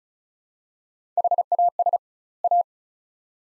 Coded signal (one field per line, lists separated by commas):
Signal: Morse code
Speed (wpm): 36 wpm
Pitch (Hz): 700 Hz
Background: none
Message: HAS A